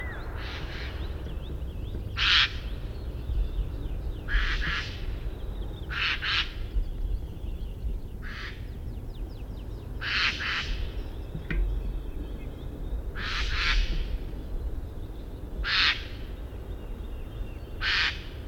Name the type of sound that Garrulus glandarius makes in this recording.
call